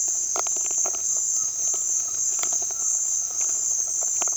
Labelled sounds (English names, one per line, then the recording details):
none
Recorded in dense forest near Puerto Asís, Putumayo, Colombia, on 29 June 2025 at 15:30
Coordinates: 0.468, -76.322
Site GP03